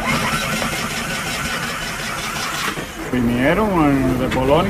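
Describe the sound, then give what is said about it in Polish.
A small Polish-made car engine in Cuba, a car shipped from Poland, cranks with a steady rattling chug, then catches and revs, its tone swooping up and down twice before settling into a rough, loud idle. “Na Kubie często słychać też bardzo znajomy dźwięk.”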